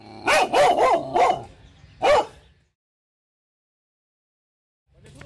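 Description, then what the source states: Dog barking a quick run of four barks, then one more bark, followed by a long silence and a faint sound at the end. Terrifying dog barking.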